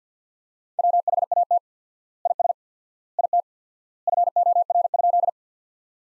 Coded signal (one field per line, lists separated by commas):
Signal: Morse code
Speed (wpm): 50 wpm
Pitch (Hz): 700 Hz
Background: none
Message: WHAT IS IT FOR?